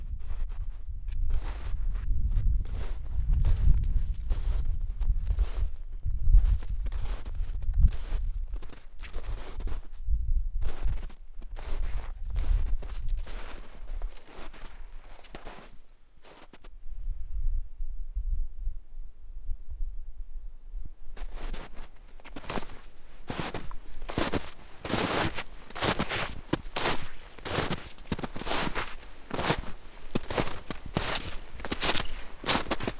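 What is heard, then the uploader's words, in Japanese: Footsteps crunch through snow in a quiet forest, irregular, with heavy low thuds in the first few seconds. Around sixteen seconds the steps soften and pause, then from about twenty-one seconds a brighter, dense crunching returns and continues steadily to the end. 雪を踏む音/樹海の秘境の富士山。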